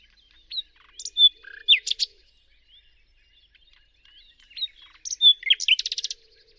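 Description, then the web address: Bird song in two phrases of slurred whistles and high squeaks, quiet in between, the second ending in a quick stuttering run of sharp notes. "Deverinetal 2025. Bird Only"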